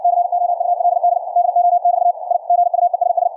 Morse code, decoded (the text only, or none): COULD DO<BT> I GUESS